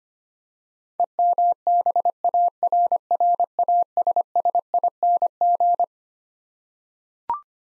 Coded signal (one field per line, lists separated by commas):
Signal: Morse code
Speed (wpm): 25 wpm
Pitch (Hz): 700 Hz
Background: none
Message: EMBARRASSING